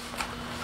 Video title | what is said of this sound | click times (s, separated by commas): Yanmar KM2-A Disassembly and Cone Lapping | the springs still feel pretty good hear it snap into gear | 0.2 s